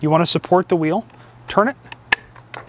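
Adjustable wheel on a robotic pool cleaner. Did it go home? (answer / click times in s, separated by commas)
yes / 2.1 s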